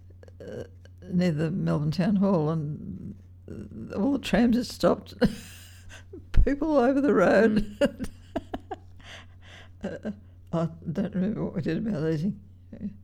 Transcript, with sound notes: we were near the Melbourne Town Hall and all the trams had stopped, people all over the road. [laughs] I don’t remember what we did about eating, yeah.